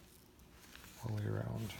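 A replacement ear pad is pressed section by section around the rim of a Bose noise-canceling headphone ear cup and clicks onto it, with a sharp snap at 0.8 s. A quieter sound comes just before at 0.4 s, and then someone talks. The ear pad is seated.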